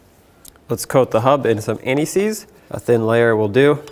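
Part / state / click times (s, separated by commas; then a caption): ABS wheel speed sensor connector into its harness plug / seated / 0.5 s. On a 2007-2009 Saturn Aura, after the rear wheel bearing hub is installed, the ABS wheel-speed sensor's plastic electrical connector is pushed back into its mating harness plug and gives a short, sharp click at 0.5 s. The connector is seated, and someone then talks.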